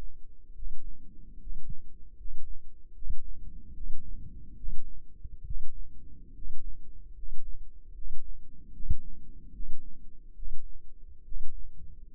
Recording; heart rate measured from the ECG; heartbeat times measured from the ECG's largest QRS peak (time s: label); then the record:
heart sounds by microphone in the left ear; 72 bpm
0.53 s: heartbeat
1.37 s: heartbeat
2.15 s: heartbeat
2.93 s: heartbeat
3.72 s: heartbeat
4.55 s: heartbeat
5.43 s: heartbeat
6.32 s: heartbeat
7.13 s: heartbeat
7.92 s: heartbeat
8.71 s: heartbeat
9.51 s: heartbeat
10.33 s: heartbeat
11.22 s: heartbeat
12.13 s: heartbeat
From the record:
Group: healthy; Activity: rest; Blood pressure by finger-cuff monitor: 107/74 mmHg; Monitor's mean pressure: 81 mmHg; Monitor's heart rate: 73 bpm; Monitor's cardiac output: 5.9 L/min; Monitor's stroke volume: 80 mL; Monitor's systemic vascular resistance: 1000 dyn s/cm5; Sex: male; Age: 35 years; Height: 180 cm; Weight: 86.9 kg